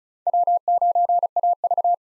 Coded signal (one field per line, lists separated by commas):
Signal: Morse code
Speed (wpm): 36 wpm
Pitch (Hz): 700 Hz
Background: none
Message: W9AV